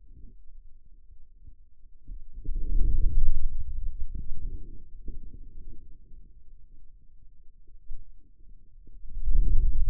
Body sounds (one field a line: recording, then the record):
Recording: forearm muscle sounds (acoustic myography)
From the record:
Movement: hand closing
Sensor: system 2, bracelet of six BSWA MPA416 microphones around the upper forearm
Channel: 6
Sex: male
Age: 22 years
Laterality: right